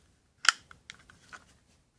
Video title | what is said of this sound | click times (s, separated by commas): ASP Scabbard Holster | can adjust it for whatever size belt you have clicks into place so | 0.5 s